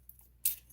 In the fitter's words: that just slides in right there and then locks